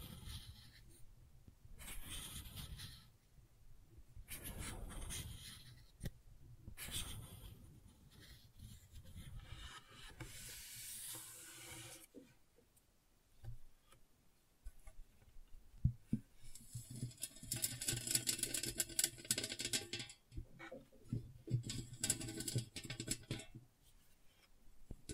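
Gentle scratching and rubbing comes in uneven bursts, soft raspy strokes with brief pauses, growing brighter and busier after about seventeen seconds.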